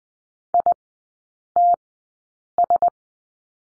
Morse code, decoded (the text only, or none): ITS